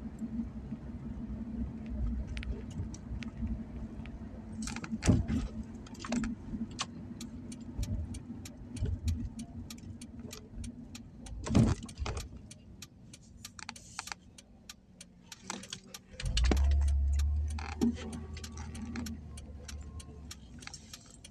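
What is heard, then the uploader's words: Driving: a steady low engine hum runs throughout, joined by a deeper rumble from about 16 seconds. Sharp clicks and jangling taps, like keys, scatter across the clip, with louder clatters near 5 and 12 seconds. Driving.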